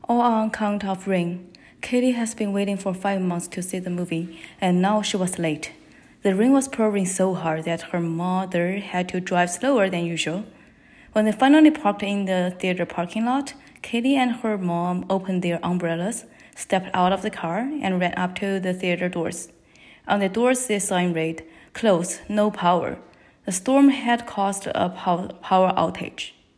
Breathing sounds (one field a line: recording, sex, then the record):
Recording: reading aloud after running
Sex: female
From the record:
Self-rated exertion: light exertion (2 of 6)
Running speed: 6 miles an hour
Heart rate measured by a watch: 107 beats a minute at the start, 111 at the end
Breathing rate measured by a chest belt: 19 breaths a minute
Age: 28 years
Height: 155 cm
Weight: 44 kg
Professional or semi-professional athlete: no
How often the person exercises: 3 to 5 times a week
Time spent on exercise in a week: over 5 hours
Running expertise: yes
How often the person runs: 3 to 5 times a week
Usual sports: running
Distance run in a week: 45 km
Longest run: 32 km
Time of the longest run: 200 minutes